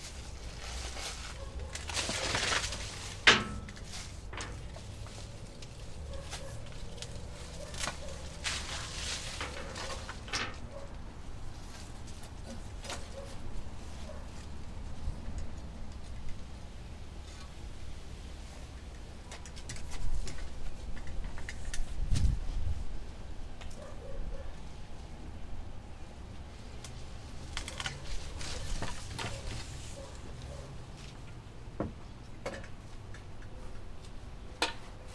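Outdoor yard work while small apple trees are cut down: a low steady rumble runs throughout, broken by sharp clicks, snaps and knocks at irregular moments. Bursts of rustling, like branches brushing and shaking, come around 2–3, 9–10, 20–21 and 28–30 seconds.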